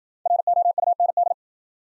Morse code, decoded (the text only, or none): ROUND